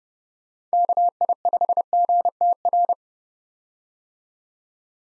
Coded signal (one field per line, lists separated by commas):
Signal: Morse code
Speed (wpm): 31 wpm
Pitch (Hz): 700 Hz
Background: none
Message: KI5GTR